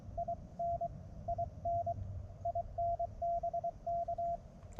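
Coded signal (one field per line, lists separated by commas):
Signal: Morse code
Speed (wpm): 23 wpm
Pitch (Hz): 690 Hz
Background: radio noise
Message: IN IN IN BK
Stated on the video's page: QRP CW parks-on-the-air activation, sent with a mini paddle on an MTR-4B transceiver into a random wire antenna with balun and tuner.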